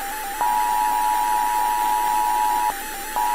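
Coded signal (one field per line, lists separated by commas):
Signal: Emergency Alert System (SAME) tones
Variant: 853 and 960 Hz attention tone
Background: music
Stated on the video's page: Simulated EAS scenario of a nuclear attack, re-uploaded.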